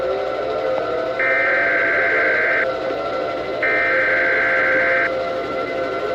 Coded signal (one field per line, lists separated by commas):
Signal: Emergency Alert System (SAME) tones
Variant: header bursts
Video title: Eas scenario: lobotomy god